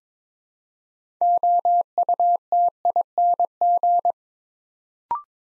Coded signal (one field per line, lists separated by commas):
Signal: Morse code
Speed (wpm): 22 wpm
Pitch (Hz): 700 Hz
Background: none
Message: OUTING